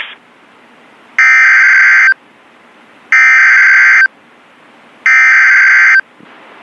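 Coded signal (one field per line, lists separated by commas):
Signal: Emergency Alert System (SAME) tones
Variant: header bursts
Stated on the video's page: Real received EAS alerts for flooding.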